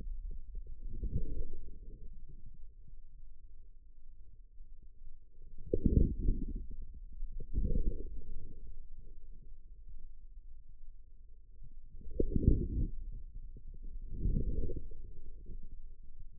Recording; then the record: forearm muscle sounds (acoustic myography)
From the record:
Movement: outward rotation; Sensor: system 2, bracelet of six BSWA MPA416 microphones around the upper forearm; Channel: 4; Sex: male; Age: 22 years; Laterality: right